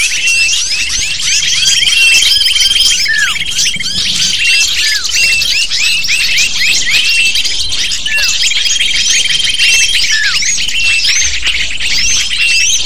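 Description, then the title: Lovebird flock chattering loudly, rapid repeated chirps and hooked squeaks, with long flat whistled tones sounding several times. Calls used as a lure (pikat) to attract lovebirds. "PIKAT BURUNG LOVEBIRD"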